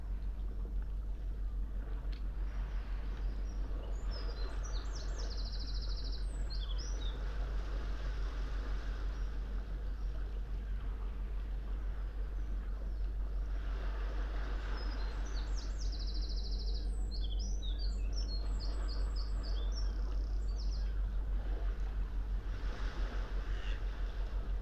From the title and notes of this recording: Early morning below Nothe Fort. The sound-scene is of a smooth, sunrise sea, heard from a tree, growing up out of a bundle of boulders, close to the water's edge. It's early April, and just after daybreak. The Lento kit is in the tree, capturing the wide spatial quiet of this place with nobody about, right beside Nothe Fort in Weymouth on the south coast of England. Ahead, looking south, the sea.